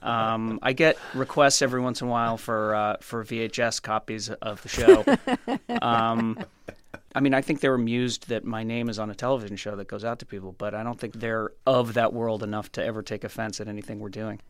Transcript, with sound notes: I get requests every once in a while for VHS copies of the show.
(LAUGHTER)
I mean, I think they're amused that my name is on a television show that goes out to people. But I don't think they're of that world enough to ever take offense at anything we're doing.